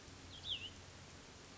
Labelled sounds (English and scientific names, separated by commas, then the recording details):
Cassin's Vireo (Vireo cassinii)
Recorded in Sonoma County, California